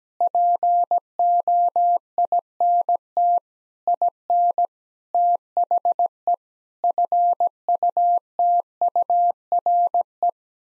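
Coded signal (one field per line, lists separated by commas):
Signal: Morse code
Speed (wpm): 17 wpm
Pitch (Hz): 700 Hz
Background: none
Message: POINT IN THE FUTURE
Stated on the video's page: Morse sent at 17 wpm as head-copy practice of common six-word groups, each sent, then repeated after being spoken.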